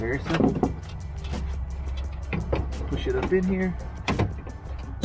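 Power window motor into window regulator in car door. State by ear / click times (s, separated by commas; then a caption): seated / 4.1 s. A power window motor is pushed up into a Foxbody car door so its gear meshes with the window regulator gear, while someone talks. Short knocks of handling sound around 2.3 and 2.5 s, then the gear clicks into place at 4.1 s. The motor is seated in place.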